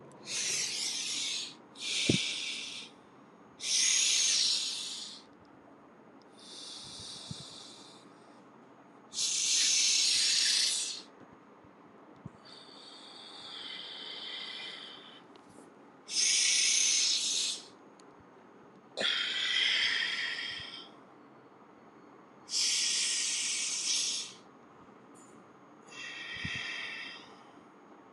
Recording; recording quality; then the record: deep breathing; excellent, no background noise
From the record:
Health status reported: healthy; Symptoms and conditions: hypertension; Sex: male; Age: 52 years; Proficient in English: yes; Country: India